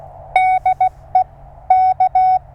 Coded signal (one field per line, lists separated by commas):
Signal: Morse code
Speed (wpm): 16 wpm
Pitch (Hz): 1490 Hz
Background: none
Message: DE K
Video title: Amazing DX during a QRP CW POTA Activation!!